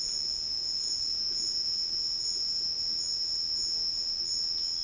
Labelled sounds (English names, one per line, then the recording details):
none
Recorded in secondary vegetation near Puerto Asís, Putumayo, Colombia, on 13 March 2025 at 12:00
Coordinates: 0.488, -76.319
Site G095